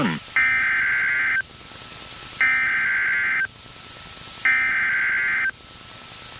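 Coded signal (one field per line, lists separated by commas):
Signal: Emergency Alert System (SAME) tones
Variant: header bursts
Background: speech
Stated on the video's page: Personally captured EAS alerts for Mississippi and Louisiana.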